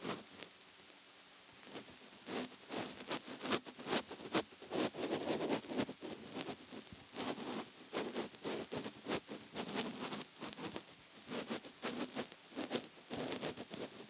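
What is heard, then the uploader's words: Scratching on a soft couch cushion, with dense, irregular bursts of rough, hissing friction that come in quick clusters throughout. The strokes vary in strength, some sharp and bright, others muffled, with brief quieter gaps between runs. Scratchy Soft Couch Cushion.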